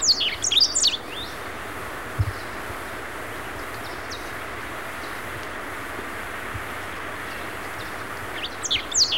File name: chestnut breasted mountain finch